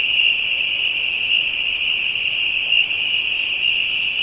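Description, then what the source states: Insect chorus, a steady shrill high buzz that drones without pause, with faint higher shimmering notes drifting in and out above it. Ambient insect sounds recorded in Africa.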